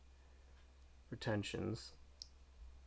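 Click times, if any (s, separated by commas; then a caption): 2.2 s. While a 110 BOX Royal mechanical keyswitch is being opened, one side of its plastic top housing is brought down so its clip clicks back into the retention tab on the bottom housing. Someone talks, then a short, sharp click is heard at 2.2 s as the clip seats back into its retention.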